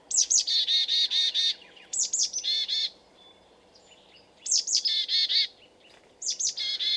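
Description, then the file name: Marsh tit calls: two or three sharp high notes followed by several harsh, buzzy notes, the phrase given four times with short pauses, the last cut off. "Poecile palustris"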